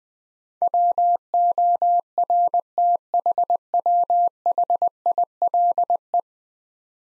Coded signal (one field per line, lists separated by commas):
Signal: Morse code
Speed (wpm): 21 wpm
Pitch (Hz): 700 Hz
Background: none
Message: WORTHWHILE